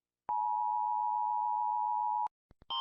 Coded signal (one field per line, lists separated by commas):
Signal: Emergency Alert System (SAME) tones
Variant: 853 and 960 Hz attention tone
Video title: Rating EAS Alarms (w/ Ella!!)